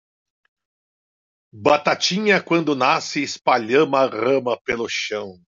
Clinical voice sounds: short text; Brazilian Portuguese; male; 50 to 59 years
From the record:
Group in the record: control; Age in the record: 57 years

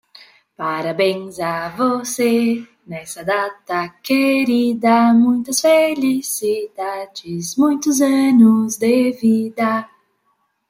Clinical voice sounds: short text; Brazilian Portuguese; female; 20 to 29 years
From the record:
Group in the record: control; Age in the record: 26 years

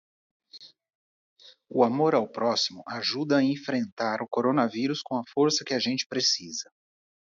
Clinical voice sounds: spoken sentence; Brazilian Portuguese; male; 40 to 49 years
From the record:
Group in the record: control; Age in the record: 49 years

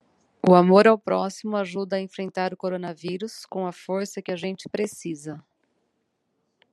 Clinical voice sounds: spoken sentence; Brazilian Portuguese; female; 40 to 49 years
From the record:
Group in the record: control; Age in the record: 46 years

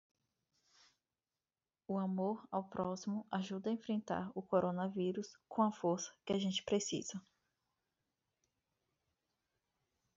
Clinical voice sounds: spoken sentence; Brazilian Portuguese; female; 20 to 29 years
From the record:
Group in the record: control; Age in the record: 27 years

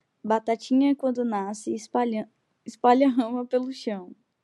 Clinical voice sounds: short text; Brazilian Portuguese; female; 20 to 29 years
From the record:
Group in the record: control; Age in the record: 24 years

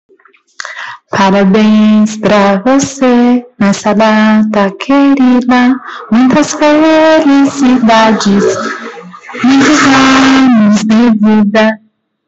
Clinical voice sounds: short text; Brazilian Portuguese; female; 20 to 29 years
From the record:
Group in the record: control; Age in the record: 25 years

